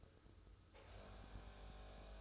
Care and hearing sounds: daily activity, microphone in the room; make coffee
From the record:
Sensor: 2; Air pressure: 994.9 hPa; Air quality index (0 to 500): 53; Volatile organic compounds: 1 ppm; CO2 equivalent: 853 ppm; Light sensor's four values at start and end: 16/53/21/20 and 16/53/21/20

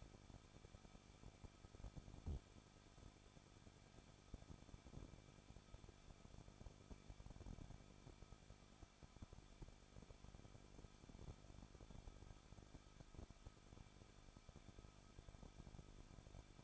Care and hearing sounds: daily activity, microphone in the room; no activity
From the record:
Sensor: 5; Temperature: 20.9 degrees Celsius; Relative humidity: 38.1%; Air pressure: 1006.5 hPa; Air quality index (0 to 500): 187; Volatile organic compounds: 18 ppm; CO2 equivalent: 2628 ppm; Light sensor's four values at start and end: 2/3/1/1 and 2/3/1/1

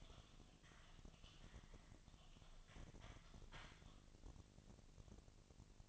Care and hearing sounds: daily activity, microphone in the room; typing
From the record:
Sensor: 4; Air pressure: 1000.0 hPa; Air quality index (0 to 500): 230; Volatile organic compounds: 30 ppm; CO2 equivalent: 2967 ppm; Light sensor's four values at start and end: 9/21/8/8 and 9/21/8/8

